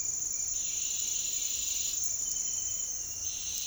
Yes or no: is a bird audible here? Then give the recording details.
no. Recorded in dense forest near Puerto Asís, Putumayo, Colombia, on 9 March 2025 at 07:00. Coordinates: 0.503, -76.323. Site GP09